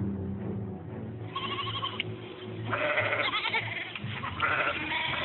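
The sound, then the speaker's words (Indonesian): Several goats on a farm bleat repeatedly, their wavering, nasal cries overlapping in bursts over a steady low rumble of background noise. “Sekarang peternakan majikan kita berkembang pesat, ya?”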